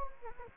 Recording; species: mosquito wingbeat signal from an infrared sensor; Anopheles gambiae